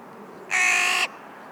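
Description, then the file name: Carrion crow giving a single harsh, rasping caw lasting about half a second, broad and grating, against quiet background hiss. "Corvus corone - Carrion Crow"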